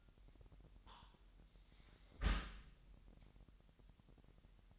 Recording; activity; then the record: daily activity, microphone in the room; close dishwasher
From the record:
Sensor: 3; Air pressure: 998.2 hPa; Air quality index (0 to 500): 149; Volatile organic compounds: 5 ppm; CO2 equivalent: 1785 ppm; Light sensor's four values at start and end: 13/39/16/14 and 13/39/16/14